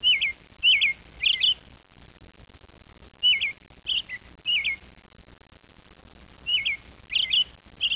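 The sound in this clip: Bird calls, short high chirps with a curling shape, given in groups of two or three separated by pauses, over faint low background noise.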